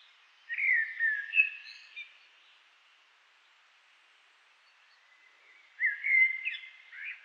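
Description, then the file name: Common blackbird song: two fluty phrases separated by a long pause. "Turdus merula"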